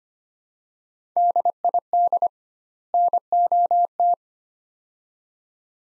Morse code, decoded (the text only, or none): DID NOT